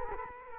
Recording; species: mosquito wingbeat signal from an infrared sensor; Culex quinquefasciatus